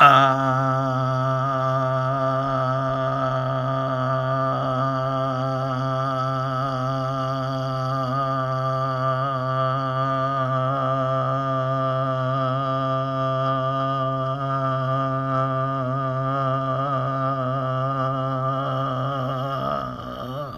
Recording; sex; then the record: sustained vowel /a/; male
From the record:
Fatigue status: no fatigue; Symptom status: symptomatic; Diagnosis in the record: COVID-19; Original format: m4a